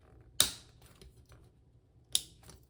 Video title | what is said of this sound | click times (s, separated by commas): Upgrade RAM in an HP EliteBook - Easy Step-by-Step DIY Tutorial | and slide it down and push down until it snaps into place on both sides. | 0.4 s, 2.2 s